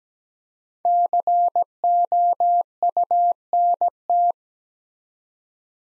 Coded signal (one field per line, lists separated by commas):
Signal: Morse code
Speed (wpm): 17 wpm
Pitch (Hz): 700 Hz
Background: none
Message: COUNT